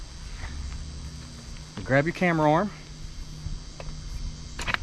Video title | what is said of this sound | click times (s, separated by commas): FILM YouR OwN HUNTS!!! Fourth Arrow Camera Arm#everyone #viralvideo #deer #deerhunting | Locks in place like that. | 4.7 s